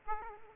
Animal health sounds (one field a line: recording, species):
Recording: mosquito wingbeat signal from an infrared sensor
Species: Aedes aegypti